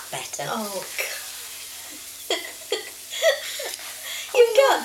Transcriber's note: laughs